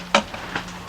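A small cover is pressed by hand onto the transmission mount area during a JF011E/RE0F10A transmission install on a Dodge Avenger, Caliber, Journey or Jeep Compass/Patriot. It snaps on with a sharp click at 0.2 s, followed by a fainter click at 0.6 s over a low steady hum. The cover is on but sits crooked and has to be refitted.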